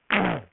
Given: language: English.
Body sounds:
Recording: throat vibration sensor signal played as sound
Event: throat clearing

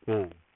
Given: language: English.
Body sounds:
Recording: throat vibration sensor signal played as sound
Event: speech

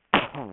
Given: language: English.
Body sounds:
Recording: throat vibration sensor signal played as sound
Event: cough

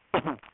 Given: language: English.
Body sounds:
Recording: throat vibration sensor signal played as sound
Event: cough

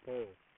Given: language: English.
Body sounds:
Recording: throat vibration sensor signal played as sound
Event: speech

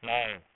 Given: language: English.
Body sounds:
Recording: throat vibration sensor signal played as sound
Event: speech

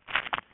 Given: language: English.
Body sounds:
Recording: throat vibration sensor signal played as sound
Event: swallow

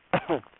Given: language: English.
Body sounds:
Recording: throat vibration sensor signal played as sound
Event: cough

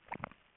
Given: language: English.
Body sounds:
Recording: throat vibration sensor signal played as sound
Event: swallow

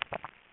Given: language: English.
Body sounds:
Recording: throat vibration sensor signal played as sound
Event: swallow

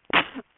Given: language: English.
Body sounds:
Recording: throat vibration sensor signal played as sound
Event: cough

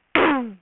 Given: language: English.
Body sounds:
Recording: throat vibration sensor signal played as sound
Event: throat clearing

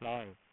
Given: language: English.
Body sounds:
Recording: throat vibration sensor signal played as sound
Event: speech

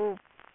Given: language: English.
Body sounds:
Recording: throat vibration sensor signal played as sound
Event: speech

